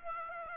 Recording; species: mosquito wingbeat signal from an infrared sensor; Aedes aegypti